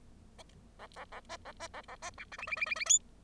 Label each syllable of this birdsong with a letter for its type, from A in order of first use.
A A A B A B A A B C D E E E E E F